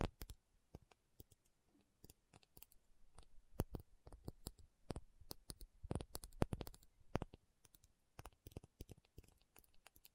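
Tapping sounds fill the ten seconds, sharp clicky taps landing irregularly, sometimes singly and sometimes in quick clusters. The busiest stretch runs from about three to seven seconds, with brighter, louder taps around six seconds. Between taps there is only quiet.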